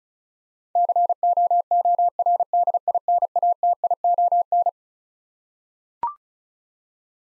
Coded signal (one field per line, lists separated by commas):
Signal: Morse code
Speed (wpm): 36 wpm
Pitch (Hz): 700 Hz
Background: none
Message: COORDINATION